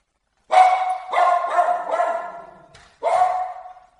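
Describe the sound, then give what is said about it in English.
A dog barks at a solicitor at the door in a run of four quick, mid-pitched woofs, pauses briefly, then lets out one more loud bark; no voices accompany it. “I just don't want my dog to bark.”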